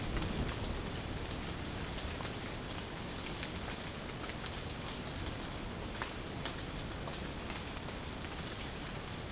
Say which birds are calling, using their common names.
none